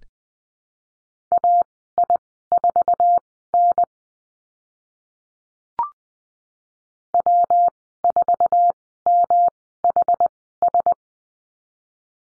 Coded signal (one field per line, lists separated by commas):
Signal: Morse code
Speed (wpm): 20 wpm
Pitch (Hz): 700 Hz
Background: none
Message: AI4N W4MHS